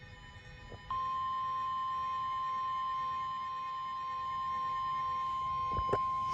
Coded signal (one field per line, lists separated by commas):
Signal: Emergency Alert System (SAME) tones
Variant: 1050 Hz attention tone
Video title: EAS #234 Severe Thunderstorm Warning